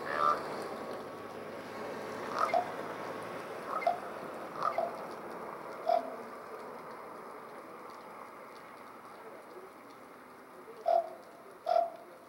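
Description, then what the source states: Ravens exchanging brief croaking calls, a loose series in the first six seconds, a pause, then two more near the end, with low background rumble. Two ravens, recorded 10 March 2012.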